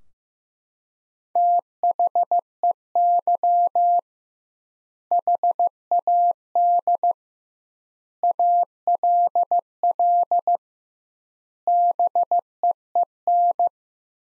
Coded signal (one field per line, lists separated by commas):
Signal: Morse code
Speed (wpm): 15 wpm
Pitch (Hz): 700 Hz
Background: none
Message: THEY HAD ALL BEEN